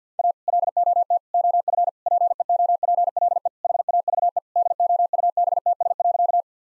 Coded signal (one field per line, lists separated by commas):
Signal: Morse code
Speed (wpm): 50 wpm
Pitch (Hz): 700 Hz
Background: none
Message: A LOT OF PEOPLE HAVE DOUBTS.